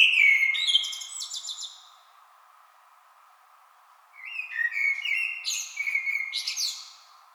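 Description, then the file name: Common blackbird song: a mellow phrase with high squeaky twitters, then a pause and a second warbled phrase finishing in thin, scratchy notes. Recorded 26 April 2006. "20060426 Blackbird"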